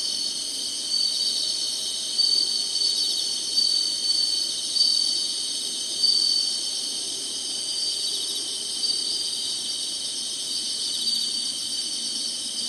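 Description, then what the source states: Insect chorus of high shrill buzzing, steady underneath, with several louder pulses rising above it. Singing insects in summer.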